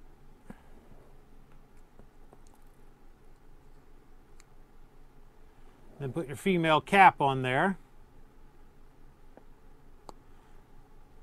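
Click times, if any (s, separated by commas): 10.1 s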